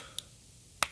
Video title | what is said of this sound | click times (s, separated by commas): NEW FRAGRANCES FIRST IMPRESSIONS - CK ETERNITY EDP, ISSEY MIYAKE WOOD&WOOD, MERCEDES THE MOVE & MORE | It does click into place. You can see where it clicks in around the atomizer up here. | 0.2 s, 0.8 s